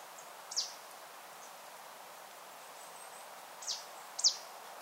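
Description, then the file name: Marsh tit giving three brisk, high, downward-slurred call notes, one early and two close together near the end, over a faint steady background hiss. "Poecile palustris"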